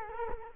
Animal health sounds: mosquito wingbeat signal from an infrared sensor; Culex quinquefasciatus

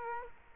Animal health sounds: mosquito wingbeat signal from an infrared sensor; Culex quinquefasciatus

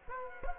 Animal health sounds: mosquito wingbeat signal from an infrared sensor; Culex quinquefasciatus

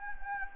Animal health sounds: mosquito wingbeat signal from an infrared sensor; Anopheles gambiae

